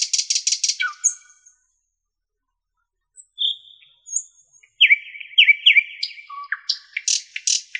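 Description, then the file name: Nightingale song: a quick burst of high notes, a short pause with soft whistles, then repeated downslurred notes and a bright jumbled phrase. "solovey"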